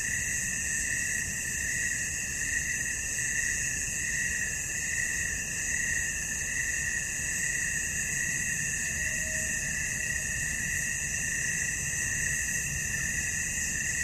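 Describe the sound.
Crickets trill continuously, even and high; one brief faint whistle-like tone appears partway through.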